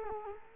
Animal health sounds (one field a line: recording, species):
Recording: mosquito wingbeat signal from an infrared sensor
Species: Culex quinquefasciatus